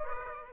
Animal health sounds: mosquito wingbeat signal from an infrared sensor; Aedes aegypti

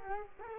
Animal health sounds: mosquito wingbeat signal from an infrared sensor; Culex quinquefasciatus

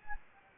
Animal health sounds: mosquito wingbeat signal from an infrared sensor; Anopheles gambiae

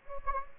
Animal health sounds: mosquito wingbeat signal from an infrared sensor; Anopheles gambiae

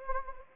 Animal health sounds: mosquito wingbeat signal from an infrared sensor; Anopheles gambiae

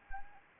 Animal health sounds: mosquito wingbeat signal from an infrared sensor; Anopheles arabiensis

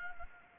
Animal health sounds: mosquito wingbeat signal from an infrared sensor; Anopheles gambiae

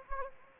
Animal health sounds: mosquito wingbeat signal from an infrared sensor; Anopheles gambiae

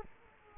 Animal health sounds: mosquito wingbeat signal from an infrared sensor; Culex quinquefasciatus

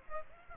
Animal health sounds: mosquito wingbeat signal from an infrared sensor; Aedes aegypti

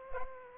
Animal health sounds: mosquito wingbeat signal from an infrared sensor; Aedes aegypti

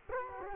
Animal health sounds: mosquito wingbeat signal from an infrared sensor; Culex quinquefasciatus

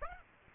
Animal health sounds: mosquito wingbeat signal from an infrared sensor; Aedes aegypti

